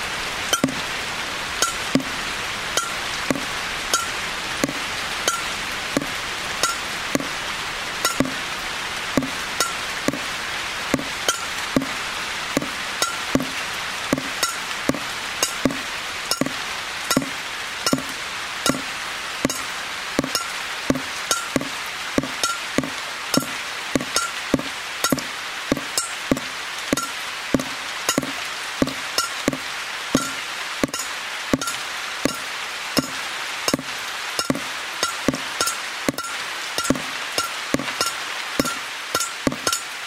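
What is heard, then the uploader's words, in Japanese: Water from a roof leak drips into a plate, each drop landing as a short, bright tick. The drips come steadily, roughly one or two per second, and speed up toward the end. A soft, even hiss sits underneath throughout. 雨漏り。梅雨の6月。とりあえずその辺にあるお皿で水滴受け、お皿がいっぱいになったら他のお皿に変え。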